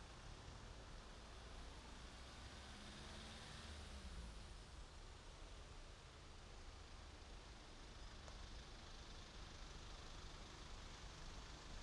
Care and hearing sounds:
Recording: everyday scene through a hearing-aid microphone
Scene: in traffic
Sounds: traffic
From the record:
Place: main road on the outskirts, rush hour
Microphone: in the ear canal, right

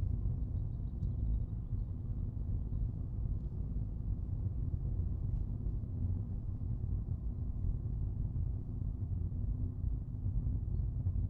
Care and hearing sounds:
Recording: everyday scene through a hearing-aid microphone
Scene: in a vehicle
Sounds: engine, rumble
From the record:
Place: Skoda Fabia, gasoline engine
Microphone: in the ear canal, right

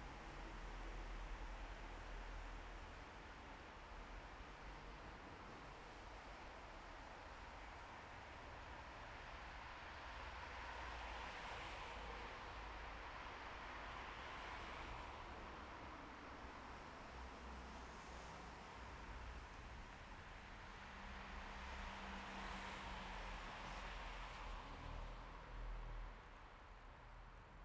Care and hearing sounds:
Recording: everyday scene through a hearing-aid microphone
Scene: in traffic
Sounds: traffic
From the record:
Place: bus stop on a city main road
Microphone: behind the ear, left, rear

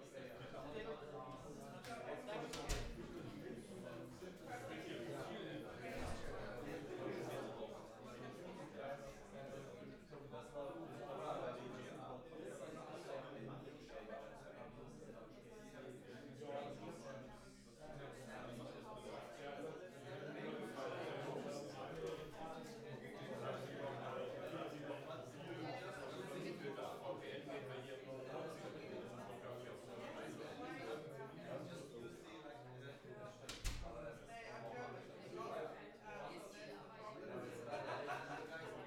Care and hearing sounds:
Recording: everyday scene through a hearing-aid microphone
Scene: many people talking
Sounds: many voices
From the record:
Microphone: behind the ear, left, front

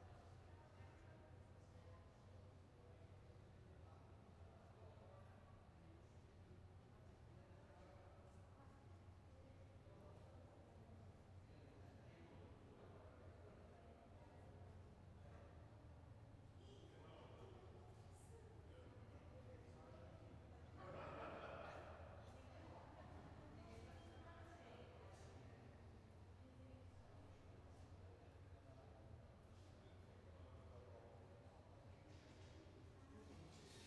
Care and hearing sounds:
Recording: everyday scene through a hearing-aid microphone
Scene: reverberant space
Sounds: background noise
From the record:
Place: railway station hall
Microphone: behind the ear, right, front

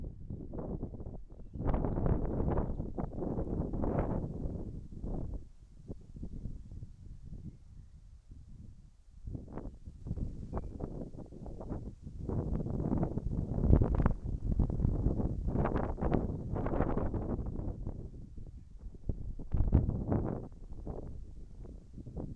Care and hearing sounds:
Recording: everyday scene through a hearing-aid microphone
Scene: wind on the microphone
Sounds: wind, birds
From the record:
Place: in front of a rural house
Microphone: behind the ear, right, front

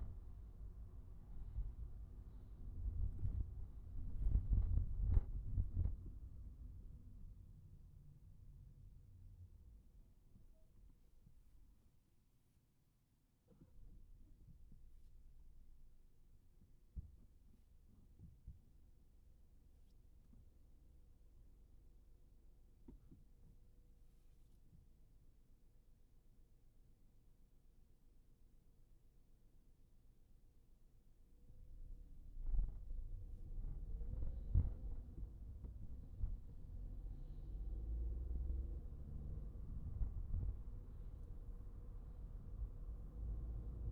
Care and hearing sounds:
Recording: everyday scene through a hearing-aid microphone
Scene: in a vehicle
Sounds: engine, highway traffic jam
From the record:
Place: Skoda Fabia, gasoline engine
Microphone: behind the ear, right, rear

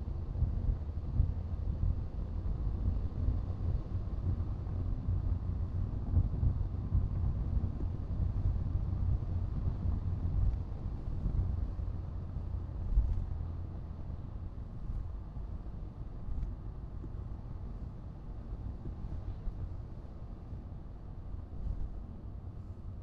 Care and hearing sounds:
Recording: everyday scene through a hearing-aid microphone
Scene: in a vehicle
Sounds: engine, rumble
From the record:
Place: Skoda Fabia, gasoline engine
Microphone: in the ear canal, right

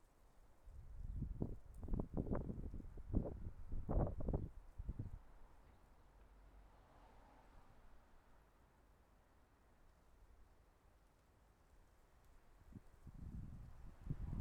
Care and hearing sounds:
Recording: everyday scene through a hearing-aid microphone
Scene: wind on the microphone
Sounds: wind, traffic, birds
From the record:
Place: suburban garden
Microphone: behind the ear, left, front

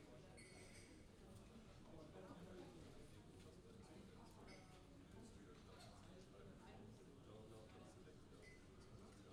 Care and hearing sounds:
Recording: everyday scene through a hearing-aid microphone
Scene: many people talking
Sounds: many voices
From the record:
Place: university cafeteria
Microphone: in the ear canal, left

